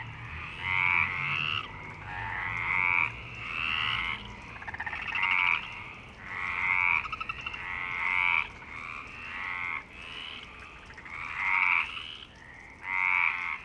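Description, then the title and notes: Frog chorus of pulsed, rasping croaks with a ringing upper tone, many calls overlapping and rising and falling steadily throughout. Frog chorus at Parc Longchamp, Marseille, Provence-Alpes-Côte d'Azur, France, 26 March 2011, 19:35; recorded with MixPre-6 and Basic Ucho. "Marseille, Provence-Alpes-Côte d'Azur, France - 26_03_11_19_35 Longchamps_004 grenouilles. Grenouilles au parc de Longchamp"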